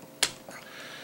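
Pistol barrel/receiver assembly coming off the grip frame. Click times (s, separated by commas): 0.2 s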